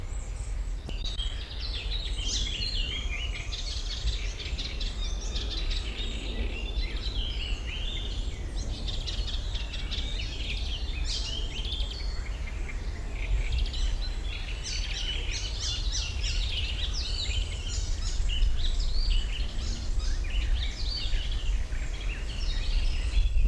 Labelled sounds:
Eurasian Blackcap
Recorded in the wild
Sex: male
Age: adult
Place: Botanische Anlage Blankenfelde, Berlin, DE
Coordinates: 52.603, 13.4
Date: 1993-05-30
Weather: heiter, 18-21°C
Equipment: Marantz CP 430, Sennheiser ME 80, Kopie Uher Variocord 263
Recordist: Tembrock, Günter

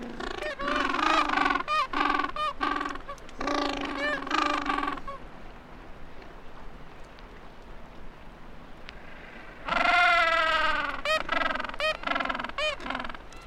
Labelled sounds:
Gentoo Penguin call
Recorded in the wild
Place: Mikkelsen Harbour (Borget Point), Antarctica, AQ
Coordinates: -63.53, -60.44
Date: 2018-12-30
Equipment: Olympus LS-100, Sennheiser ME66
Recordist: Beaulieu, Michaël
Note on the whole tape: In Kolonie von Eselspinguinen. Brütende Vögel und Küken

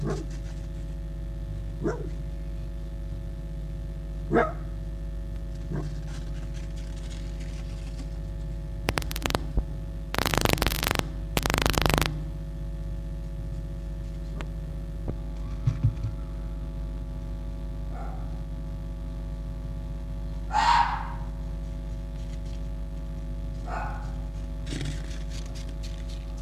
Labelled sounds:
Red Fox
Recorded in captivity
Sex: female
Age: adult
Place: Zoologisches Institut der HUB, Berlin, DE
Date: 1956-02-22 17:45
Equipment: Elmetra
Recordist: Tembrock, Günter

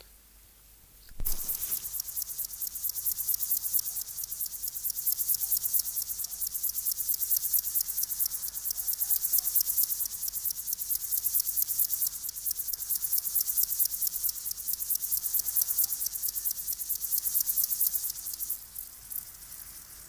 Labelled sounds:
Upland Field Grasshopper stridulation
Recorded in the wild
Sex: male
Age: imago
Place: Berlin, OT Blankenfelde, Berlin, DE
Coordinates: 52.625, 13.3917
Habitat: field path
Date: 1983-08-27 11:24
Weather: sunny, 20°C
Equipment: Nagra SN (Automatic), Sennheiser MKH 416 T, Kopie Uher 4000 Report Monitor
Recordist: Tembrock, Günter
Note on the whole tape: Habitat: Feldweg am Wäldchen. Männchen am Weibchen auch Ansprung. Anschließend anderes Exemplar

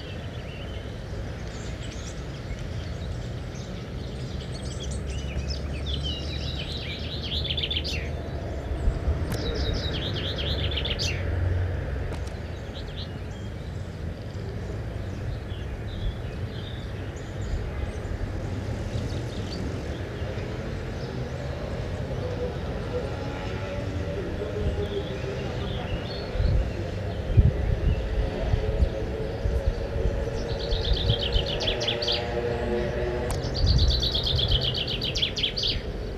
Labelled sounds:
Common Chaffinch song
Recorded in the wild
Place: San Romolo, Ligurien, IT
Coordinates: 43.8578, 7.72889
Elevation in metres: 758
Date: 1984-04-12
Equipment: Uher 4000 Report, Parabolreflektor (30cm Durchmesser)
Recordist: Tretzel, Erwin

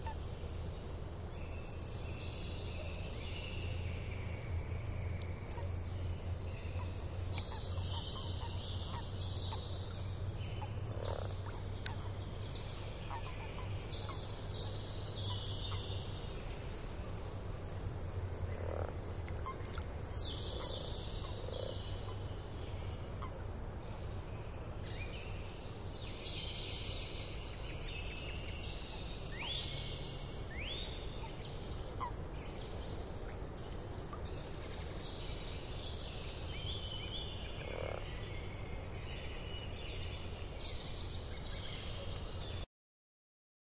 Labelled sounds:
Common Frog call
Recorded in the wild
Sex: male
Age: adult
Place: Brunow, Gamengrund, Brandenburg, DE
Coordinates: 52.7264, 13.8958
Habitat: lake
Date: 1995-04-22 20:45
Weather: Wasser: 11°C, Luft: 11°C, heiter
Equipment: Sony TCD-D3, Sennheiser ME 80, K 30 AV, Stativ und Windkorb
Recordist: Frommolt, Karl-Heinz

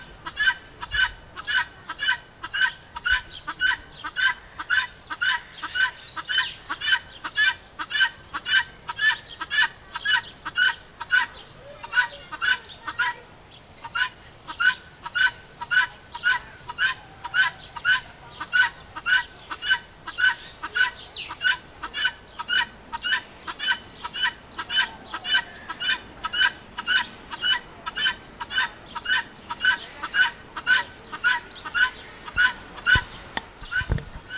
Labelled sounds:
Vulturine Guineafowl call
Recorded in captivity
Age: adult
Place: Zoo Berlin, Berlin, DE
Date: 2000-07-17 13:35
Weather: heiter, 20°C
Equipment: Nagra SN, Kopie Uher 4000 Report Monitor
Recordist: Tembrock, Günter
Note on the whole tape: Einzeltier in Anlage: Rufreihe

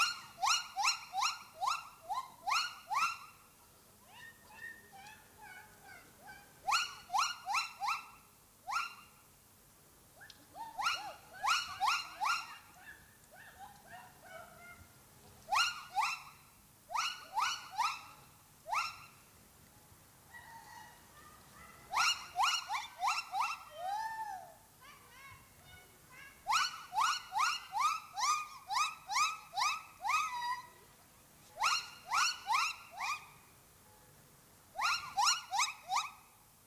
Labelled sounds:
Silvery Javan Gibbon
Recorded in captivity
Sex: male
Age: adult
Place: Münchner Tierpark Hellabrunn, Bayern, DE
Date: 2003-12-06 12:05
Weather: Regen, ca. 2°C
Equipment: Fair Mate ST-1328 (Asahi Electronics, Japan), Sennheiser ME 80, Kopie Uher 4000 Report Monitor
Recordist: Tembrock, Günter
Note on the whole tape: Männchen (ein Tier): Lautfolgen

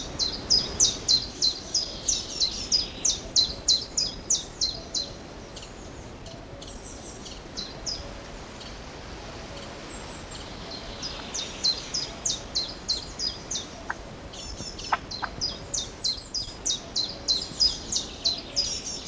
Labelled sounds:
Common Chiffchaff
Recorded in the wild
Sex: male
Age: adult
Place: Glienicke/Nordbahn, Brandenburg, DE
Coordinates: 52.64, 13.3436
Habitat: mixed forest
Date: 1988-06-12 10:43
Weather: sunny, 14-18°C, gusty winds
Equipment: Nagra SN, Kopie Tesla B 116
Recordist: Tembrock, Günter

